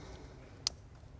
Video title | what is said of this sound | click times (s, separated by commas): Audi A4 B6 1.8t Coolant Temperature Sensor Replacement DIY (A4, A6, Golf, Passat, & More) | Make sure you hear that click. | 0.7 s